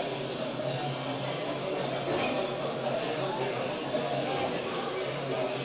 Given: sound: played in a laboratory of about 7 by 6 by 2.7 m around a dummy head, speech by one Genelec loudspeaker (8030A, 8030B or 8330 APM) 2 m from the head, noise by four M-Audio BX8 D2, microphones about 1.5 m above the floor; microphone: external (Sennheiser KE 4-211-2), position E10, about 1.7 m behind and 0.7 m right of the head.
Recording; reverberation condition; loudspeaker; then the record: cafeteria noise; medium; four, about 170 cm from the corners of the room and facing them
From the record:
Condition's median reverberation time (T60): about 510 ms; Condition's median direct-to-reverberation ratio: about -0.5 dB